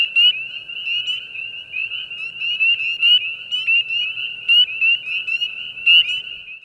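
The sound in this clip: Spring peepers calling in a dense chorus: a steady high shrill band with sharp rising peeps standing out every second or so.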